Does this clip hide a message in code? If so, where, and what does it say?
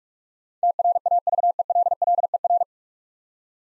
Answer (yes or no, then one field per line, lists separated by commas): yes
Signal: Morse code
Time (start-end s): 0.6-2.6 s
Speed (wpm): 42 wpm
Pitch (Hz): 700 Hz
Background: none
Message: TRAVELLER